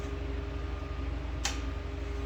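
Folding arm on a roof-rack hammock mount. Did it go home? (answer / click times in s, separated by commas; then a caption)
yes / 1.5 s. The folding arm of a roof-rack hammock mount is folded back in and locks into its closed position, so the mount can be left on the roof rack or bed rails. A single sharp click at 1.5 s marks the arm seating, heard over a steady low hum with faint tonal lines.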